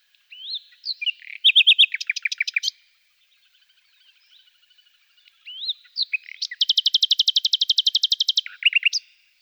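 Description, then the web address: Common nightingale singing two phrases separated by a pause: rising whistles and a loud stutter, then a long, very rapid rattling trill ending in sharp notes. Several nightingales. "A természet hangjai - Fülemülék"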